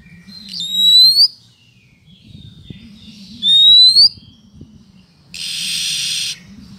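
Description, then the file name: Oriental magpie-robin: two sharp rising whistles a few seconds apart, then a drawn-out buzzy rasp, with a low hum throughout. Female calling to the male, intended to prompt him into full, frequent song. "Suara Kacer Betina Memanggil Sang Jantan Agar Cepat Gacor"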